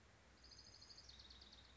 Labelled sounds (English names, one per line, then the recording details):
Orange-crowned Warbler
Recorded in Sonoma County, California